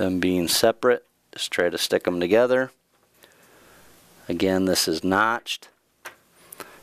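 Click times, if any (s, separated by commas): 6.5 s, 6.6 s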